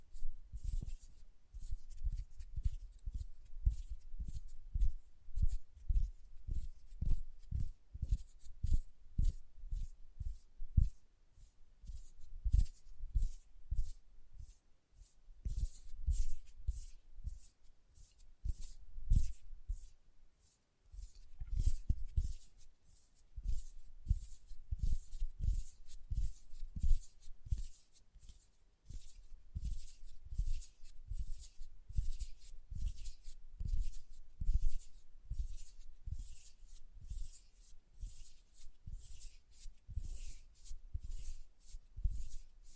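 Fingernails tap in quick, steady runs, each tap a crisp click with a soft low thump beneath it. The tapping continues almost throughout, breaking off briefly around 11, 15 and 20 seconds before resuming at the same brisk pace.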